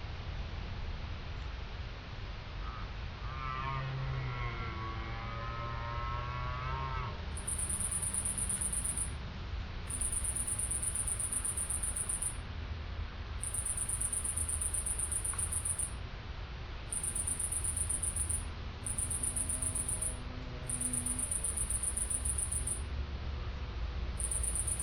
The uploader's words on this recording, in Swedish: Kronhjortarnas ljudvärld. Tänk dig en helt stilla kväll i början av september. Solen har precis gått ner och du sitter i skogsbrynet, framför dig ligger en blommande klövervall. Det är kronhjortarnas brunsttid och här i området går det flera stora hanar.